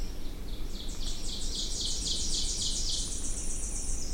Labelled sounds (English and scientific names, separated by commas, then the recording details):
Ovenbird (Seiurus aurocapilla) song
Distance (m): 50 m
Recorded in boreal forest in Alberta, Canada, on 20 June 2016 at 08:00
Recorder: SongMeter 3, array SBT-6-81
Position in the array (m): 30 m, 238 m
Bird 26